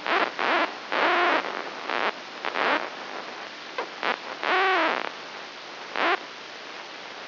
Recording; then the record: brain microelectrode recording played as sound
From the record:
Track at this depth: inside the subthalamic nucleus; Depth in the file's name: 2.804 mm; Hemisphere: right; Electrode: 3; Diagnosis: Parkinson's disease